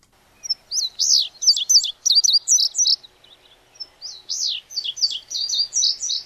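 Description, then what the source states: Indigo Bunting song: two high, sharp phrases of quick paired notes, the second beginning after a short pause. Described as pretty shrill and distinctive, with some tisking; tends to be a two-part note, notes paired, with words 'fire, fire, where'.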